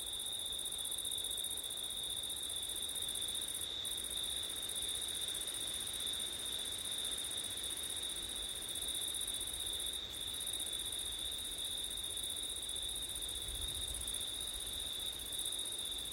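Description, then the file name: Crickets trilling in a steady high-pitched chorus with two distinct bands, with faint wind beneath. Crickets on a September night, with wind; ORTF microphone setup. "crickets wind september night ortif"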